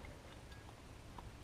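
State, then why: Not seated. A rubber spark plug boot (cap) is pushed back onto a spark plug by hand during a tune-up on a 1996 Jeep Grand Cherokee. Only faint ticks at about 0.1 and 1.2 seconds rise above a steady low background, with no clear click. The boot has not clicked into place, though it feels firmly on.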